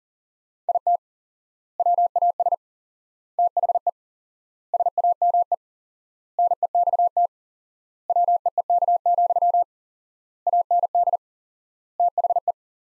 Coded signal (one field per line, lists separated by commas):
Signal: Morse code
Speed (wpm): 40 wpm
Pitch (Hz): 700 Hz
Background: none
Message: IT WAS THE SAME NEXT WEEK, AND THE